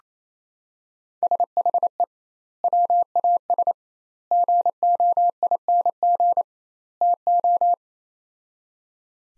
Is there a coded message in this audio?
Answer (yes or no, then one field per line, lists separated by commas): yes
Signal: Morse code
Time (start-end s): 1.2-7.7 s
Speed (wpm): 28 wpm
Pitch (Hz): 700 Hz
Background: none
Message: SHE WAS GOING TO